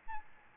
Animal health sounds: mosquito wingbeat signal from an infrared sensor; Aedes albopictus

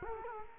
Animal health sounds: mosquito wingbeat signal from an infrared sensor; Culex quinquefasciatus

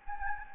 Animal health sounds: mosquito wingbeat signal from an infrared sensor; Anopheles gambiae

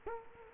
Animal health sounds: mosquito wingbeat signal from an infrared sensor; Culex quinquefasciatus

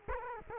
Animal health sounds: mosquito wingbeat signal from an infrared sensor; Culex quinquefasciatus

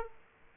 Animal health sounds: mosquito wingbeat signal from an infrared sensor; Aedes aegypti

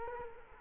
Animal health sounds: mosquito wingbeat signal from an infrared sensor; Culex quinquefasciatus

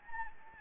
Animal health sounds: mosquito wingbeat signal from an infrared sensor; Anopheles gambiae

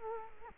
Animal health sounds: mosquito wingbeat signal from an infrared sensor; Culex quinquefasciatus

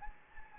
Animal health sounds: mosquito wingbeat signal from an infrared sensor; Anopheles gambiae

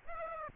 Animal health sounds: mosquito wingbeat signal from an infrared sensor; Aedes aegypti

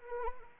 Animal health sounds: mosquito wingbeat signal from an infrared sensor; Anopheles arabiensis

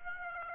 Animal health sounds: mosquito wingbeat signal from an infrared sensor; Aedes aegypti

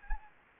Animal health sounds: mosquito wingbeat signal from an infrared sensor; Anopheles gambiae

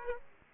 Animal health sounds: mosquito wingbeat signal from an infrared sensor; Aedes aegypti

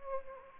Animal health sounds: mosquito wingbeat signal from an infrared sensor; Anopheles gambiae

